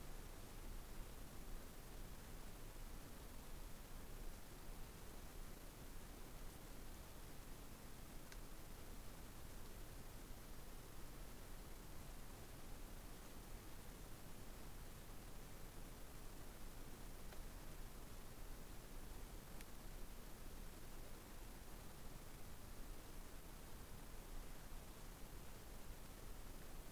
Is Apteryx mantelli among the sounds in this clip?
no